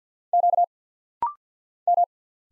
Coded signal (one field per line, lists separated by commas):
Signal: Morse code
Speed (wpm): 50 wpm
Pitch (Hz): 700 Hz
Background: none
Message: Q M